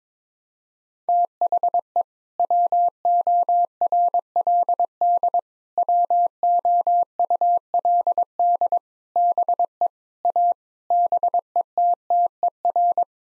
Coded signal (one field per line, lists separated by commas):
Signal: Morse code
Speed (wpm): 22 wpm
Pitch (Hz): 700 Hz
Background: none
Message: THE WORLD WOULD BE A BETTER